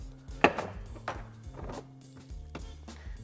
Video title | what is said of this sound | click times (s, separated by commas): Molded Innovations Tail Light Installation: 2015 - 2021 WRX / STI | panel and we're just gonna pull up nice and gently and you'll hear it pop out | 0.4 s, 1.1 s, 2.5 s